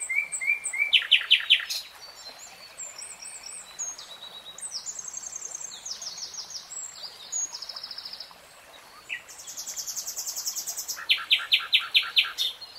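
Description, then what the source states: Nightingale song: varied phrases of rapid repeated notes, buzzy trills and chattering sequences, with short pauses between phrases. Nightingale singing, real time.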